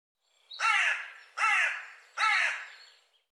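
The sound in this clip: A bird utters three coarse, cawing calls in steady rhythm, roughly one every 0.8 seconds.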